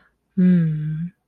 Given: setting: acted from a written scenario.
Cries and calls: vocal sound without words; desire

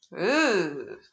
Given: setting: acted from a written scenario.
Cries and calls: vocal sound without words; disgust

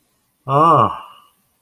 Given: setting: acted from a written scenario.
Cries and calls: vocal sound without words; relief

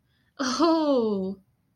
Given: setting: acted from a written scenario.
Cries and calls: vocal sound without words; realization

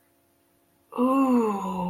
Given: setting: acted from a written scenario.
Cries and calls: vocal sound without words; awe

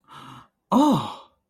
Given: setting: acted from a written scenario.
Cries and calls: vocal sound without words; elation

